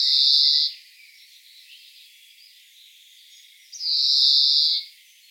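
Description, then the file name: European greenfinch wheezy nasal buzz, repeated after a quiet gap of about three seconds. "Chloris chloris"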